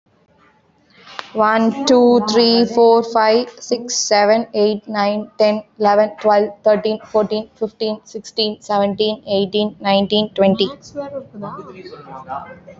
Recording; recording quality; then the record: counting at a normal pace; excellent, no background noise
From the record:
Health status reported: healthy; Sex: female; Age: 25 years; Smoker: no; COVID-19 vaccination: both doses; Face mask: worn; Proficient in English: yes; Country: India